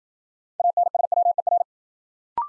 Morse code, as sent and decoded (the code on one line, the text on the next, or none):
.- -. ... .-- . .-.
ANSWER